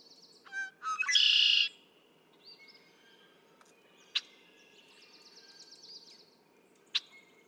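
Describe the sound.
Red-winged blackbird sings once: quick opening notes and a harsh buzzy trill, afterwards faint high trilling and two sharp clicks.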